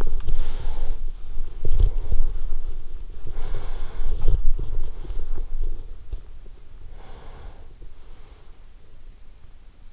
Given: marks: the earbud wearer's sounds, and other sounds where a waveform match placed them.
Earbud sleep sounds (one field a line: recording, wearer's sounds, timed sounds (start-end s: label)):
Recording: sounds in sleep by an in-ear microphone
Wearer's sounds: body movement, breath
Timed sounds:
0.00-6.78 s: body movement
0.15-2.38 s: breath
3.12-5.85 s: breath
6.78-9.38 s: breath